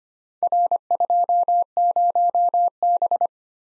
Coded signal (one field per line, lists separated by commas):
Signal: Morse code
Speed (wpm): 25 wpm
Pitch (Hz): 700 Hz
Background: none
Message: R20B